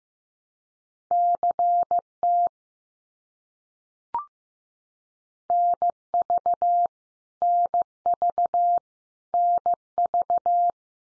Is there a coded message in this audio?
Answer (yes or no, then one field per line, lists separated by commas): yes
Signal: Morse code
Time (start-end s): 1.1-10.7 s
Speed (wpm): 15 wpm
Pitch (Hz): 700 Hz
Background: none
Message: CT NV NV NV